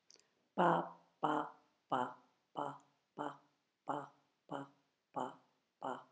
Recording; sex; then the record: repeated syllable /pa/; female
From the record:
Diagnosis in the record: healthy control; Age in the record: 72 years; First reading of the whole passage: 67 s, 7.5 characters per second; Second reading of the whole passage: 67 s, 7.5 characters per second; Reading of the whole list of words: 68 s, 4.2 characters per second